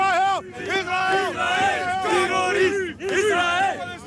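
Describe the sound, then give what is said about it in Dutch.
A crowd of demonstrators, including a large group supporting the Palestinian cause, shouting at each other: many raised voices overlapping in a loud, continuous roar of yelling with rising and falling pitch, dipping briefly twice before surging again. “Ze schreeuwen tegen elkaar.”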